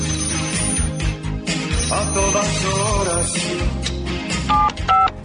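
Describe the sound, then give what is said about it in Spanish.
Telephone dialing and ringing for a radio call-in contest, with a few short, steady electronic beeps near the end over a dense, busy background of sound that stays loud throughout. “¡Contesta rápido tu teléfono porque son tus amigos!”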